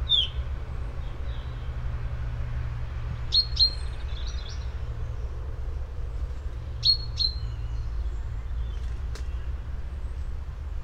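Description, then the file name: Common chaffinch uttering a few sharp high call notes, mostly in pairs, with long gaps between, over steady low rumbling noise. "Fringilla coelebs"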